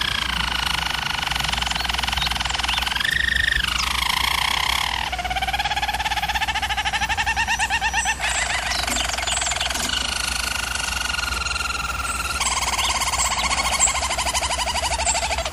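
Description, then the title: German Roller canary song of continuous rolls with a brief rising hump, then alternating pulsed and smooth tours at varying pitch. German Roller canary singing, for canary training. "German Roller Canary Singing - Canary Training Vid"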